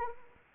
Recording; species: mosquito wingbeat signal from an infrared sensor; Anopheles arabiensis